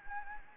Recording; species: mosquito wingbeat signal from an infrared sensor; Anopheles gambiae